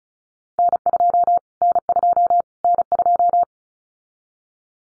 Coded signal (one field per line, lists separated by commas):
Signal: Morse code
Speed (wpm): 36 wpm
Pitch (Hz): 700 Hz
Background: none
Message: N2 N2 N2